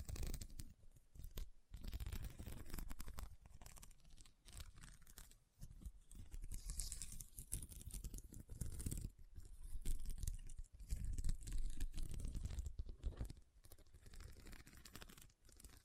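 Rhinestones are tapped and scratched in dense, uneven bursts of gritty crackling and crinkling, with short pauses and a low rumble throughout.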